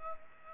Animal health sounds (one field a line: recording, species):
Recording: mosquito wingbeat signal from an infrared sensor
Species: Culex pipiens